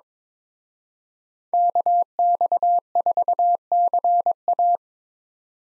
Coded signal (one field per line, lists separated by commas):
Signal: Morse code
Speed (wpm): 25 wpm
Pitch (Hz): 700 Hz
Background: none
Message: KX4CA